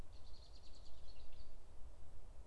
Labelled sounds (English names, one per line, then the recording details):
Common Blackbird
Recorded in Germany
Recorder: ecoPi